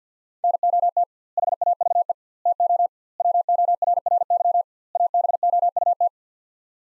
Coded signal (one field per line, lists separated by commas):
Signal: Morse code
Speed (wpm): 50 wpm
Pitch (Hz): 700 Hz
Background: none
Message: NOT HAVE TO WORRY ABOUT